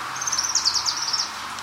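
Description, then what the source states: Warbler song: a thin, high trill of quick chirping notes lasting about a second, over a soft steady hiss. Unidentified warbler singing an odd song in trees and bushes on a slope behind a fire station; began like an Orange-crowned Warbler.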